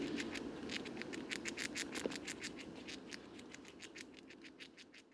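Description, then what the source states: Eurasian red squirrel feeding: scratchy, uneven clicks at about three per second, fading slightly toward the end. Feeding heavily on abundant conifer seeds before winter rest, in a Paris woodland, France, 23 November 2018, foggy, 5 °C, few leaves left on deciduous trees.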